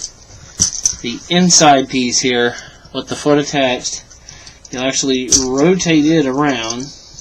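Someone talks while handling the inner leg piece, with the foot attached, of a transforming plastic robot figure and rotating it around. A few sharp ticks come near the start under the speech. The piece has not snapped into place yet, and nothing has seated or clicked by the end.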